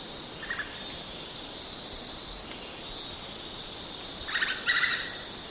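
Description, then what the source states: Great slaty woodpecker calling: a faint early call, then two quick bursts of sharp, high notes near the end, with constant hiss throughout. Recorded 1 May 2007.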